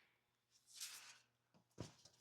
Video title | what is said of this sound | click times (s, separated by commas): How-to Replace Case-IH Quadtrac Bogie Wheel Seal! | Push it in until it snaps into place. | 1.8 s, 2.1 s